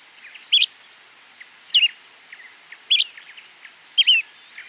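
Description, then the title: Bran-colored Flycatcher calling: four crisp, high, slurred double notes about every 1.2 seconds, scattered faint chips in the background. Subspecies flammiceps. "LuckyPassaro Completos2Sama. Bran-colored Flycatcher"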